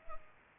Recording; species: mosquito wingbeat signal from an infrared sensor; Culex pipiens